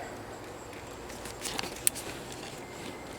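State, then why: Released. On a Toyota Corolla during an exhaust manifold replacement, the oxygen sensor's plastic electrical connector is unplugged from its wiring harness connector by pressing down the locking tab and rocking the plug. Two sharp clicks are heard at 1.6 s and 1.9 s against quiet background noise. The connector is unlatched and unplugged.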